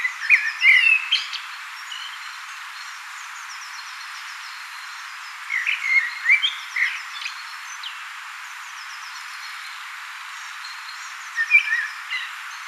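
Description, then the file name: Common blackbird song in three bursts: rich, fluted whistles breaking into high scratchy twitters, with long quiet gaps between phrases. "Turdus merula"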